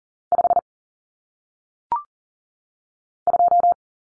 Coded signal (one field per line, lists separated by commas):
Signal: Morse code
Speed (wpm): 40 wpm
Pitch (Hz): 700 Hz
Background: none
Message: 5 2